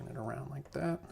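A DDR4 memory stick, the last one, is turned around and handled before being pushed into its motherboard DIMM slot while someone talks. Nothing has seated or clicked yet.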